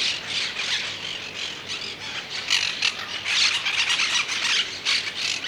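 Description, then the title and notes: Monk parakeet screeching, rough chattering squawks in fast uneven series, growing louder after a quieter opening. Monk parakeets watched from a balcony playing, eating and working; described as screaming a lot; heard here in the foreground. "Cotorra De Pit Gris. Es la cotorra monje"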